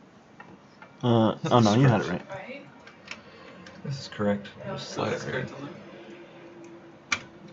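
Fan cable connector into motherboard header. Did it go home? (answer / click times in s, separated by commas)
yes / 7.1 s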